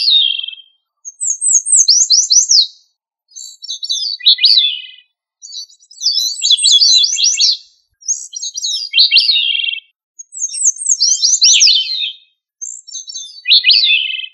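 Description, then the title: Thrush singing high, rapid phrases of sweeping, descending notes, separated by short pauses, with nothing else audible. "Familia Turdidae - Sabia"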